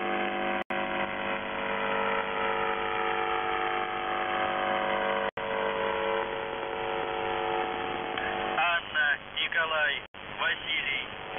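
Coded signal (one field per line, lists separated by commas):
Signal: numbers station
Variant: UVB-76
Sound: steady buzzing drone with harmonics for about 8 seconds, then a short spoken voice passage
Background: radio static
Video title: The Buzzer/UVB-76(4625Khz) May 7th 2020 15:49UTC Voice message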